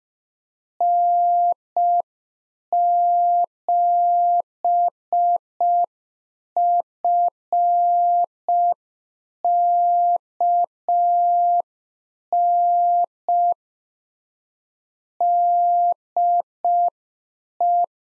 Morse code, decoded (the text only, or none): N7FKN DE